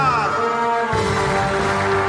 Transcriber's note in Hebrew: מחיאות כפיים